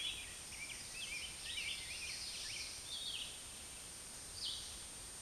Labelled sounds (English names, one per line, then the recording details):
Red-eyed Vireo song
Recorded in a Pennsylvania forest on 16 May 2024 at 09:07
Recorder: AudioMoth, point MSD-2083
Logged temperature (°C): 16.7 °C
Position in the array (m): 150 m, 28 m